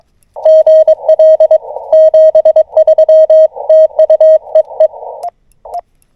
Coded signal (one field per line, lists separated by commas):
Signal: Morse code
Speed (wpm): 23 wpm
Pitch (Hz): 630 Hz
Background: radio noise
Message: GL 73 TU EE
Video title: 三脚を使用しない自立型RHM12/ FTX-1F 10W/ 福島県霊山 登山移動運用/ SOTA POTA Activation at Ryozen Prefectural Nature Park